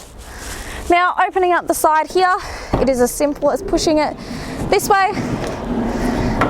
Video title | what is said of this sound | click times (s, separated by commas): B9535 - 2017 Toyota Hiace LWB Auto Walkaround Video | and then it just locks into place back there. | 6.4 s